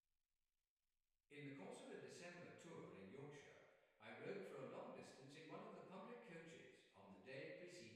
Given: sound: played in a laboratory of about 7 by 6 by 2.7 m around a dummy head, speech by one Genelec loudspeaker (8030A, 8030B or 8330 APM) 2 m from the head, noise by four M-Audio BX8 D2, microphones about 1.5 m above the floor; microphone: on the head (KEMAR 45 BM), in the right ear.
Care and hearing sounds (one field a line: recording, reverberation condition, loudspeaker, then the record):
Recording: male speech in English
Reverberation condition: high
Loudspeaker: 120 degrees to the left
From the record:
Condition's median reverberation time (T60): about 1300 ms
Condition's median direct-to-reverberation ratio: about -4.0 dB